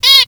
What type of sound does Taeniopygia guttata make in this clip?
distance call